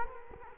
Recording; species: mosquito wingbeat signal from an infrared sensor; Culex quinquefasciatus